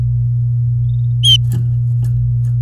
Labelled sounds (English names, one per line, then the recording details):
Domestic Canary song
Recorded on 4 May 2018 at 10:19
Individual llb16